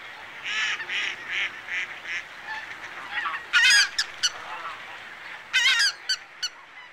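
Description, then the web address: Lesser white-fronted goose giving a quick series of high, nasal yelping honks early on, followed by several sharp loud bursts of noise. "anser erythropus"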